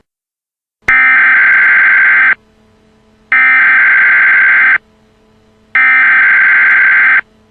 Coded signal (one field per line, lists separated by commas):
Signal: Emergency Alert System (SAME) tones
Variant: header bursts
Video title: EAS Scenario - Mario from "Super Mario Bros."